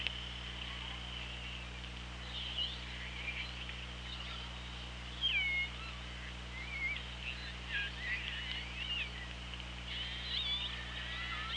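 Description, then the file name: Killer whale calls: several whistled, upward- and downward-sweeping tones scattered throughout, with a louder, sharper call near the middle, over steady underwater hiss and low hum. OrcaLab hydrophone, 24 August 2017, around 17:04. "Orca Lab UTLN JASON 20170824 170442"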